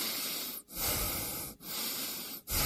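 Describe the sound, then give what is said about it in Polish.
Steady, noisy breathing with three long airy breaths separated by brief pauses, each breath a broad hiss that swells and fades, with no talking. “Proszę oddychać.”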